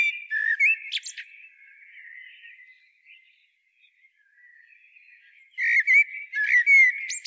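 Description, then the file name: Common blackbird song: mellow, fluty warbled phrases with thin high twitters, separated by a quiet pause. "Turdus merula"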